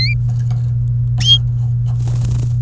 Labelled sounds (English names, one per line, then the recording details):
Domestic Canary song
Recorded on 27 April 2018 at 16:24
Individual llb3